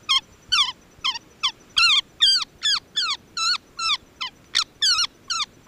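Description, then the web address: Streak-capped treehunter calling: a steady series of loud, nasal, down-slurred notes, about two each second, continuing throughout against a quiet background. Recorded in Ecuador. "Natures Songs S America Birds of Ecuador Streak-capped Treehunter"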